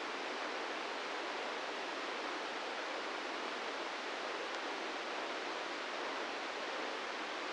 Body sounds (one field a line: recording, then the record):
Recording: brain microelectrode recording played as sound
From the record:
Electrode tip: inside the subthalamic nucleus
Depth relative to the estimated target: -2 mm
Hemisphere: left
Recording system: NeuroSet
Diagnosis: Parkinson's disease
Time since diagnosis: 13 years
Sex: male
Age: 66 years